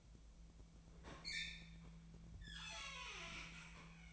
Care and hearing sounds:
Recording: daily activity, microphone in the room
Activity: open fridge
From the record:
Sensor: 1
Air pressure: 1009.7 hPa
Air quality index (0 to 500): 193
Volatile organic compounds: 19 ppm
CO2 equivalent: 2650 ppm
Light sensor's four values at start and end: 29/74/31/37 and 29/73/30/36

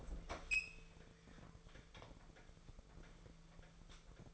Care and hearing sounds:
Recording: daily activity, microphone in the room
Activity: open fridge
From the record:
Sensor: 5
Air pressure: 1015.0 hPa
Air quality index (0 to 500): 186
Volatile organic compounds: 7 ppm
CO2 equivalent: 2040 ppm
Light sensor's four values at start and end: 53/121/51/53 and 56/128/54/57

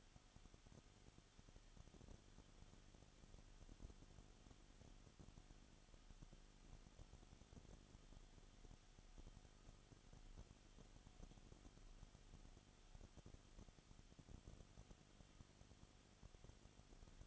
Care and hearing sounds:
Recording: daily activity, microphone in the room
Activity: no activity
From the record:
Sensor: 4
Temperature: 22.7 degrees Celsius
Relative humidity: 31.7%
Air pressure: 995.4 hPa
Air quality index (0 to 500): 158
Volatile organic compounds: 2 ppm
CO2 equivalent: 1252 ppm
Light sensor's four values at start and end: 2/3/1/1 and 2/3/1/1

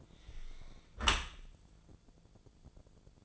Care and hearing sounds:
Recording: daily activity, microphone in the room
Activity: close dishwasher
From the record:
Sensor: 5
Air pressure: 1000.6 hPa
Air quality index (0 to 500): 150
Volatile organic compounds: 2 ppm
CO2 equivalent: 1154 ppm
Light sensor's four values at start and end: 40/91/39/42 and 40/92/39/43

